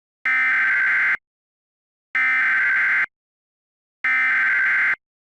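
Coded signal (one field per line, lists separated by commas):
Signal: Emergency Alert System (SAME) tones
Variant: header bursts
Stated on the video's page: EAS SAME tones in a fictional Halloween scenario film, a simulated alert rather than a real broadcast.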